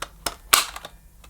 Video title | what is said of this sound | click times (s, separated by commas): Dyson Omniglide Cordless Vacuum With Storage Dok | it should click into position | 0.5 s